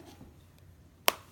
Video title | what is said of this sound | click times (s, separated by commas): Fountain Tarot | it closes securely you could hear it snap there but | 1.1 s